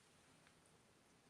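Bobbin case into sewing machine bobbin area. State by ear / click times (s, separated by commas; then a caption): not seated / none. A half bobbin case is being handled at the bobbin area of a sewing machine, with a soft tap near 0.5 s and a sharper tick at 1.3 s over low background noise. The clip ends before the case goes home, so nothing has seated or clicked yet.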